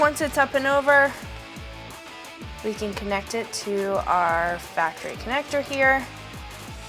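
Someone talks over background music while handling the wiring plug of a chrome LED tail light on a 2019-2021 Silverado 1500, with the wire fished up and over the frame, ready to connect it to the truck's factory harness connector. Nothing has seated or clicked yet.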